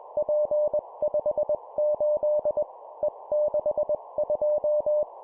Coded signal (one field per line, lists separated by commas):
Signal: Morse code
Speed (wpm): 21 wpm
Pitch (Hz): 600 Hz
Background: none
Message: P58 E62